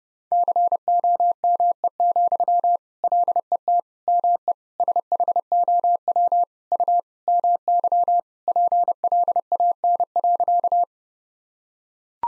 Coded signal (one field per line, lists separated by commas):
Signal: Morse code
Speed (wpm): 30 wpm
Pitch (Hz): 700 Hz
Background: none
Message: COME, LET ME SHOW U MY PLAN.